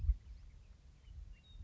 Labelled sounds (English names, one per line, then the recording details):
Western Meadowlark
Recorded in Sonoma County, California